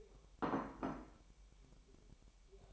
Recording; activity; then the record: daily activity, microphone in the room; place plate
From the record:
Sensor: 1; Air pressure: 1002.0 hPa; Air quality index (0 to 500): 243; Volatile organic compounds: 48 ppm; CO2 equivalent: 3266 ppm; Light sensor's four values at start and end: 8/28/10/11 and 8/28/10/11